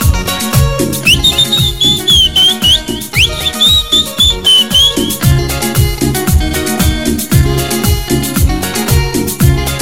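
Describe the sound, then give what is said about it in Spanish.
A high, wavering melody whistled by people rides over loud, pounding dance music with a steady beat, lasting through the first half before the music carries on alone. “La gente que sabe silbar.”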